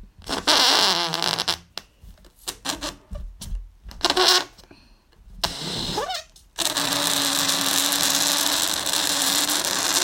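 A balloon is being blown up. Short bursts of breath with squeaky rubber squeals come first, separated by quiet gaps and small clicks, and a rising whistle sounds near the six-second mark. From then on a loud, steady rush of air runs to the end.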